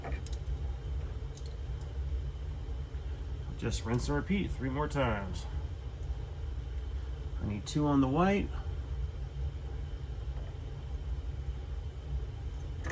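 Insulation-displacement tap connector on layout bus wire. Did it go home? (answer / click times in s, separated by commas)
no / none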